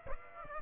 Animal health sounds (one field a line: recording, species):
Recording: mosquito wingbeat signal from an infrared sensor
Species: Aedes aegypti